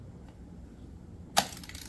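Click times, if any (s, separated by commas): 1.4 s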